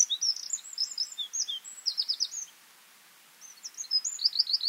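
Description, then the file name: Eurasian wren singing fast, high twittering phrases with rapid buzzy trills, a pause near the middle, then another loud rattling burst. "Troglodytes troglodytes"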